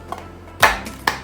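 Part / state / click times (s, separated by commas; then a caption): plastic exhaust hose vent into portable air conditioner rear socket / seated / 0.6 s, 1.1 s. A flexible plastic exhaust hose vent is pushed into its lock fitting on the back of a portable air conditioner. After a faint tap at 0.1 s, two sharp, loud plastic hits land at 0.6 s and 1.1 s. The vent locks into place.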